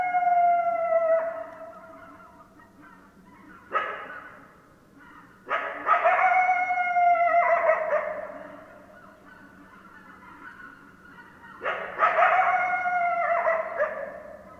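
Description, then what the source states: Coyote howls: a drawn-out wavering howl, then several loud bursts of harsh barking howls separated by quieter gaps, with rough overtones throughout. Several coyotes, recorded 10 December 2012.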